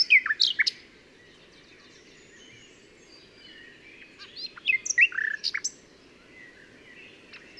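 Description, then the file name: Common nightingale song in scattered bursts of sharp, varied notes and short chirps separated by quiet gaps, with steady background hiss. "Luscinia megarhynchos"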